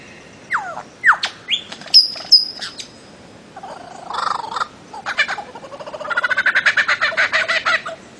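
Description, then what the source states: Bird-of-paradise song: slurred whistles and sharp notes, then a nasal buzz and a long rapid rattling trill near the end. Master song used for training songbirds.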